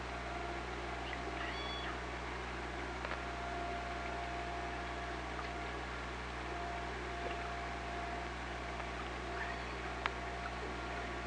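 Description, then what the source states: Killer whale: a few faint, brief tonal calls underwater, set against steady hum and broad hiss. Recorded on an OrcaLab hydrophone, 24 August 2017.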